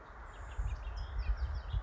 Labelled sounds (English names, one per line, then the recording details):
California Towhee
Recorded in Sonoma County, California